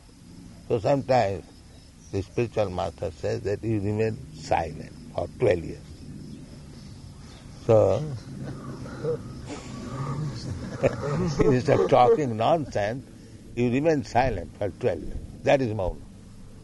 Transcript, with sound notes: So sometimes the spiritual master says that "You remain silent for twelve years." So [laughter] instead of talking nonsense, you remain silent for twelve years. That is mauna.